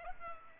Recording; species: mosquito wingbeat signal from an infrared sensor; Culex pipiens